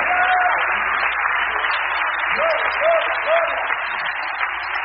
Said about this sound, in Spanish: Oh, denle un aplauso al Señor Dios Todopoderoso en esta noche.